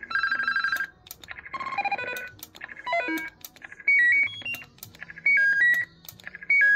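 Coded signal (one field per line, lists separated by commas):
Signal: roger beep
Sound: rapid succession of short electronic beep melodies and two-note chirps, with clicks between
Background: radio static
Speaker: Je pense je suis en train de faire le tour. Fait que là ça c'était la démonstration des Roger Bip.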